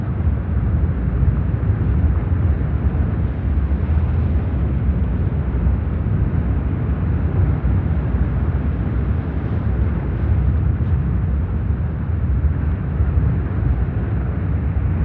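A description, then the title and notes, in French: Brown noise meant to evoke being inside an avalanche: a dense, unbroken roar weighted heavily toward deep rumbling lows, with a duller hiss above and nothing bright on top. Loudness holds steady throughout, with no distinct events or changes. Dans une avalanche - bruit brun.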